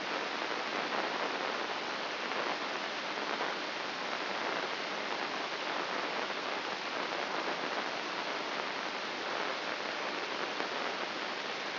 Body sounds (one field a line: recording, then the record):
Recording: brain microelectrode recording played as sound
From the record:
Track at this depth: inside the subthalamic nucleus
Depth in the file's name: 3.631 mm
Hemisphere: left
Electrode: 3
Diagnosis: Parkinson's disease